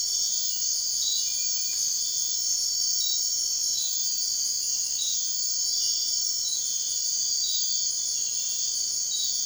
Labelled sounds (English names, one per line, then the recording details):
none
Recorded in dense forest near Puerto Asís, Putumayo, Colombia, on 21 March 2025 at 02:30
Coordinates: 0.499, -76.324
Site GP03